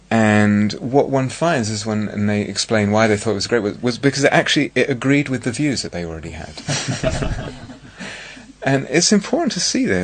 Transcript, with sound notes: And what one finds when they explain why they thought it was great, it was because, actually, it agreed with the views that they already had. [laughter] And it's important to see this.